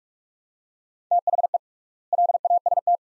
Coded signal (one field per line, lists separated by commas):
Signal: Morse code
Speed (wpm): 47 wpm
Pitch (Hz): 700 Hz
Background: none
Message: THE LAST